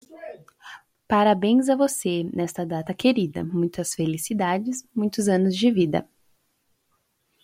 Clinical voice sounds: short text; Brazilian Portuguese; female; 20 to 29 years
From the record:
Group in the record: control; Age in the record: 21 years

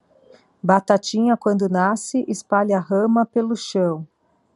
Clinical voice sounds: short text; Brazilian Portuguese; female; 40 to 49 years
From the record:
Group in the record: control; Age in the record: 44 years

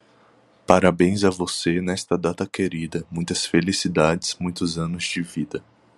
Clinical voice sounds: short text; Brazilian Portuguese; male; 20 to 29 years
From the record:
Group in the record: control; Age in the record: 21 years

